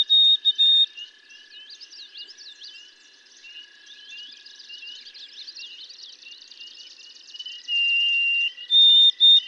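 White-throated sparrow whistles at the start and close, with a long chattering chorus of other birds between and one drawn-out lower whistle near the end.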